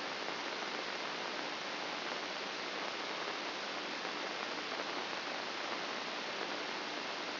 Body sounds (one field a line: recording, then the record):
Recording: brain microelectrode recording played as sound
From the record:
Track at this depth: inside the subthalamic nucleus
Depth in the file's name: 1.027 mm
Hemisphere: left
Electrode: 2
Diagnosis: Parkinson's disease